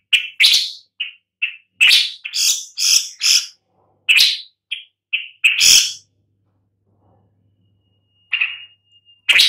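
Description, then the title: Long-tailed shrike making irregular rasping, scolding notes and short harsh bursts. "Lanius Schach"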